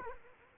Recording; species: mosquito wingbeat signal from an infrared sensor; Culex quinquefasciatus